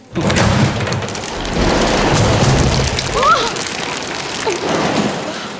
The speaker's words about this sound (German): Ein heftiger Windstoß stößt ein Fenster oben über der Säulenhalle auf. Einige Hagelkörner fallen herunter auf die Gesellschaft, die sich durch den kleinen Zwischenfall nicht im geringsten stören lässt.